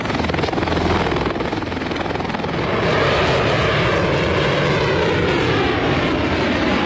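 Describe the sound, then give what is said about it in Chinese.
A loud, continuous roar of military helicopters and aircraft at a 2018 naval parade, ten air echelons including shipborne helicopters, anti-submarine patrol and early-warning aircraft flying over the reviewed warship formation, a dense rumbling drone and rotor chop that swells slightly about a third of the way through. No one speaks. “受阅飞机组成舰载直升机，反潜巡逻作战，预警指挥，远海作战，对海突击，远距支援掩护，制空作战等十个空中梯队在受阅舰艇编队上方凌空飞过”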